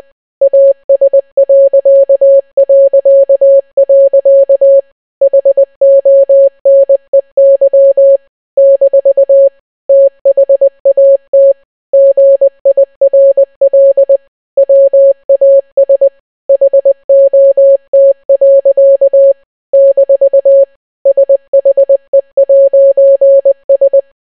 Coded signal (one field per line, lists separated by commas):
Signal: Morse code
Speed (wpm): 20 wpm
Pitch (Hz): 550 Hz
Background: none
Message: AS... HONEY - THAT GIRL WAS HOT. - SHE'S